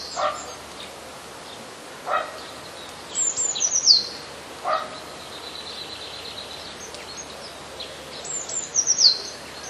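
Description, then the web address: Eurasian blue tit song: two high, thin phrases that slide downward into a quick trill, a few seconds apart, with soft lower calls between. "wroblowe teka spiew 11. wroblowe teka modraszkoteka"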